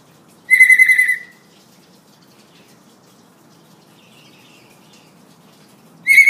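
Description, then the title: Hill myna giving a loud, buzzy, harmonic whistle. After a long pause a second identical note begins, with faint low hum throughout. Tutor recording of an actively singing hill myna, meant for training other birds to copy. "Suara Burung Beo Gacor Cocok Untuk Masteran"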